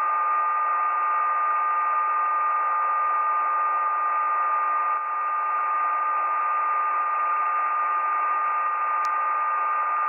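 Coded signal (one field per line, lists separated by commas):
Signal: numbers station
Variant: HM01, RDFT data mode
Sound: steady dense digital hiss with a constant whistling tone underneath, unchanging throughout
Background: radio static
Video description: The digital portions carry files with 8-digit file names and extension ".txt". The last 4 digits of the file names are the headers spoken in voice. The contents of these files are encrypted binary data.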